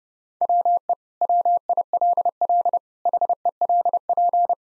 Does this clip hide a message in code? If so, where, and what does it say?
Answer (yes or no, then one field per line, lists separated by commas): yes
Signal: Morse code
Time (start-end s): 0.4-4.5 s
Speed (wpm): 30 wpm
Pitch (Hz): 700 Hz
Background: none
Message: WE WILL HELP